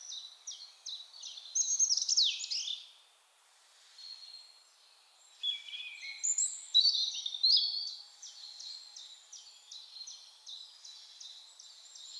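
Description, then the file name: European robin giving high, thin phrases: rapid runs of sharp downslurred notes mixed with varied warbled and trilled bits, pausing briefly midway before resuming; no other sounds stand out. "Erithacus rubecula"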